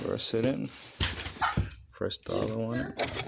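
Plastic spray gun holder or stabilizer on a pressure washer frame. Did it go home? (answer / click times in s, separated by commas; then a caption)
no / none. A plastic spray gun holder or front stabilizer is pressed onto the frame of a new Westinghouse 3200 psi pressure washer during assembly. Someone talks throughout while the part is handled. Nothing has seated or clicked yet.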